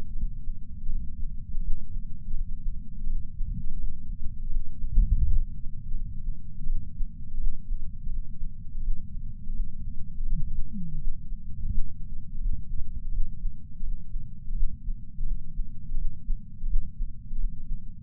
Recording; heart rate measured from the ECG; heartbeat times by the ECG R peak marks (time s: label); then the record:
heart sounds by patch sensor on the chest; 84 bpm
0.16 s: heartbeat
0.89 s: heartbeat
1.62 s: heartbeat
2.34 s: heartbeat
3.06 s: heartbeat
3.79 s: heartbeat
4.50 s: heartbeat
5.23 s: heartbeat
5.94 s: heartbeat
6.66 s: heartbeat
7.39 s: heartbeat
8.09 s: heartbeat
8.82 s: heartbeat
9.54 s: heartbeat
10.26 s: heartbeat
10.99 s: heartbeat
11.70 s: heartbeat
12.40 s: heartbeat
13.12 s: heartbeat
13.83 s: heartbeat
14.55 s: heartbeat
15.26 s: heartbeat
15.97 s: heartbeat
16.68 s: heartbeat
17.39 s: heartbeat
From the record:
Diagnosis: coronary artery disease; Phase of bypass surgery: postoperative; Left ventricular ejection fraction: 59.9%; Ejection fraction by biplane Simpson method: 56%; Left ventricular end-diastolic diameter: 50 mm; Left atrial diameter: 38 mm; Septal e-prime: 8.6 cm/s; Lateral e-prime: 8.8 cm/s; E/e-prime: 7.7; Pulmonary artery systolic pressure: 23 mmHg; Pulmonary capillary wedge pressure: 16 mmHg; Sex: male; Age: 69 years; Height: 160 cm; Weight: 69 kg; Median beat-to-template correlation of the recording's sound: 0.74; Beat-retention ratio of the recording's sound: 0.99